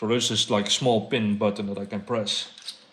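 Someone talks while handling a metal quick-release clamp on the intercooler pipe coupling of a Volvo 240 race car, which has a small pin release button. Nothing has clicked or seated yet in this clip.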